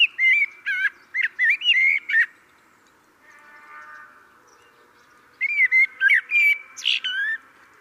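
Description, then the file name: Common blackbird song in two phrases of fluted, warbled whistles with scratchy high notes, separated by a pause with a faint soft rustle. "Turdus merula"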